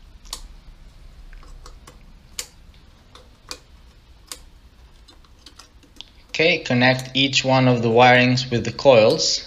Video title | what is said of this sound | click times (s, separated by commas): BMW E46 Valve Cover Gasket Replacement | make sure to snap it in its position there are like five tabs there | 0.3 s, 2.4 s, 3.5 s, 4.3 s, 6.0 s